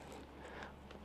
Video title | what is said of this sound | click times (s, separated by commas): Mammotion Yuka - The Amazing Bagged Autonomous Mower | push it till it clicks | 0.9 s